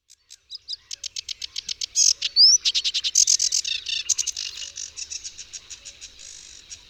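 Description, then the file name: Sedge warbler song starting with a few soft ticks, building into loud, rapid, harsh chattering with a rising whistled note, then fading. "Rokitniczka"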